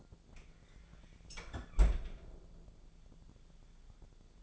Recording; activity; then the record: daily activity, microphone in the room; close fridge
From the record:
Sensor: 5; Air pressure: 1000.2 hPa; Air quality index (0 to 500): 108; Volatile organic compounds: 1 ppm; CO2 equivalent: 870 ppm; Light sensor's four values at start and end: 191/457/192/209 and 184/440/186/202